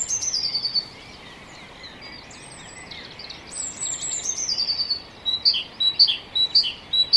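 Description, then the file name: Great tit calling in quick two-note phrases, a high note followed by a lower one, in a run at the end, after thin, high, falling whistled trills. "Parus major"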